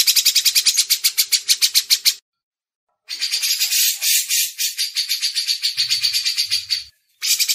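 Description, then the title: Grey-cheeked bulbul producing quick rasping pulse series, a short gap, then a longer denser run of harsh notes and another brief burst. Masteran recording. "MASTERAN CUCAK JENGGOT"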